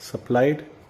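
A plastic reflector is being slid into its supplied clamp on a Ninety One Enigma electric bicycle while someone talks. Nothing has snapped or seated yet.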